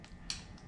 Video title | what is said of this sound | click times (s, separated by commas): Mustang 4.6 2v Timing Chain Install (Detailed Walkthrough) | i heard the click | 0.3 s